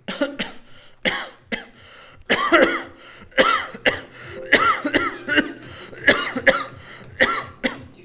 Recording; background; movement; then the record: voluntary coughing; music; sitting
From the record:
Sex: male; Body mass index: 22.0 kg/m2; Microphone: on the chest, facing outward